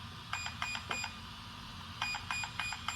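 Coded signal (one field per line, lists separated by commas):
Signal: beep code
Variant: Arrma BLX ESC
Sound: short high beeps from a motor: three, a pause, then four evenly spaced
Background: small room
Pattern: 4 short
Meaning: Punch level 4 is selected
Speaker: And 4 beeps tells me I'm at punch level 4.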